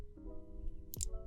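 A crimped wire pin for a 9-color LED ambient light kit is pushed into position 18 of a plastic connector housing, with the connector facing up, in a BMW F10/F11. Against steady background music, two sharp clicks sound at 0.9 s and 1.0 s. After an earlier try that did not click, the pin locks into place and is seated.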